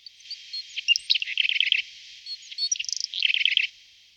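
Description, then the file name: Willow tit calls: a few thin high notes, then two bursts of rapid, nasal, buzzy notes separated by a short pause. Alpine subspecies, Parus montanus montanus. "Sykora luzni alpska Parus montanus montanus"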